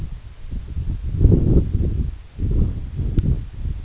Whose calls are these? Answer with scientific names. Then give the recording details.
none. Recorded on Arctic tundra, site EABA-1, on 24 June 2018. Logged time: 10:00